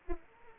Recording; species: mosquito wingbeat signal from an infrared sensor; Anopheles arabiensis